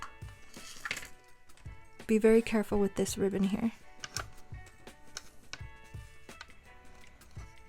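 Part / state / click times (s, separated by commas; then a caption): plastic replacement shell halves on a game console dock / not seated / none. Replacement plastic shell halves from Extremerate are handled and pressed closed over the internals of a Nintendo Switch dock, with care taken around the ribbon cable. Someone talks over background music while light plastic taps and handling clicks are heard. Nothing has seated or snapped closed yet.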